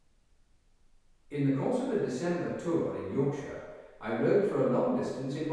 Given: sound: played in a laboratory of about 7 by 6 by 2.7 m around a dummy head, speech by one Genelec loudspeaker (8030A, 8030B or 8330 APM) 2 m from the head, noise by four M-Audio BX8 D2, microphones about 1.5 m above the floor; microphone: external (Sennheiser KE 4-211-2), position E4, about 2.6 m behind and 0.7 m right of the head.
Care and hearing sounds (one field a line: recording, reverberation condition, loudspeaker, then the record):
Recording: male speech in English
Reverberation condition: high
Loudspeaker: 90 degrees to the left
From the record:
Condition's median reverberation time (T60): about 1300 ms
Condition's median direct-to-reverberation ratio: about -4.0 dB